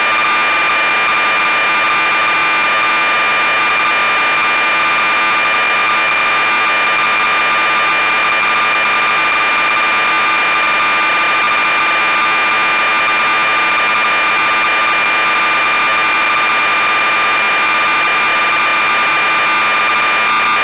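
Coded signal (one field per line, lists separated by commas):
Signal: computer data on cassette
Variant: MSX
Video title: MSX VG-8020 - ZAXXON - Cassette Tape Loading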